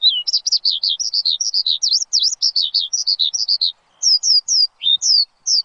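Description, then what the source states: Bird song: a quick, high chattering twitter of slurred notes, a short pause, then a few separate whistled chirps. Chirping recording meant for training pet birds.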